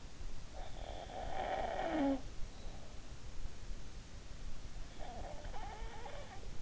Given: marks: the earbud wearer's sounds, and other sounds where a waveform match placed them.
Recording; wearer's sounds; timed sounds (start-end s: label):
sounds in sleep by an in-ear microphone; snoring breath
0.77-2.66 s: snoring breath
4.90-6.62 s: snoring breath